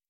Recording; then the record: hydrophone in a shrimp aquaculture tank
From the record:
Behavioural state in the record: starved